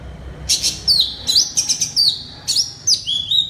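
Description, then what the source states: Oriental magpie-robin pouring out loud, rapid whistled notes, some rising and some falling, almost without pause. Loud (keras) song in the ngeplong style.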